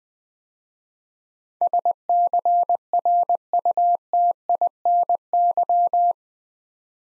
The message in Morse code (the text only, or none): SCRUTINY